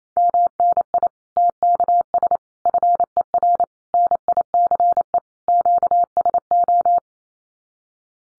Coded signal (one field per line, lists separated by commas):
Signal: Morse code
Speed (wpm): 28 wpm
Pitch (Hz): 700 Hz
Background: none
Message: MNI TKS FER NICE QSO